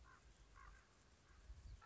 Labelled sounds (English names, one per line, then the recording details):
Common Raven
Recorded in Sonoma County, California